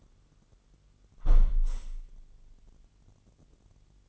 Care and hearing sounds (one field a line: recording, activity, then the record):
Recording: daily activity, microphone in the room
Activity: close window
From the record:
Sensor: 4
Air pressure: 999.4 hPa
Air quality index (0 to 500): 137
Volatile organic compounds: 3 ppm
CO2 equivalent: 1356 ppm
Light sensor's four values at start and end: 20/50/20/23 and 20/50/20/23